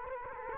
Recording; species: mosquito wingbeat signal from an infrared sensor; Culex quinquefasciatus